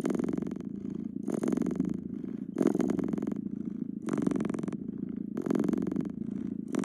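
Domestic cat purring, a deep continuous rumble that swells into louder, breathier bursts about every one to one and a half seconds.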